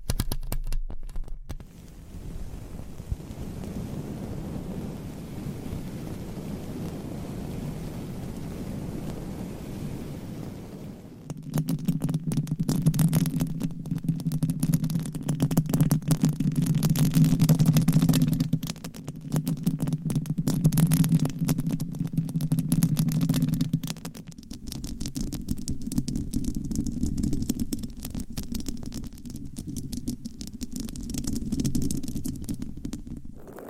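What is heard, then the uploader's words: Scratching on a microphone with nails, a low steady rumble throughout, growing louder and denser after eleven seconds with crackly bright bursts. ASMR Mic Scratching Brain Scratching with 50 DIFFERENT MICS Covers & Nails No Talking.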